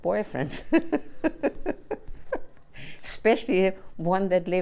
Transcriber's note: she laughs